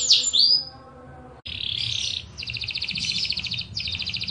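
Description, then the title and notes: Atlantic Canary song: two sweeping whistles, then after a short break buzzy, pulsing trills in a few bursts. Canary (kenari) master song, a tutor recording used for training other canaries to sing. "Suara Burung Kenari Masteran. master suara burung kenari mantap"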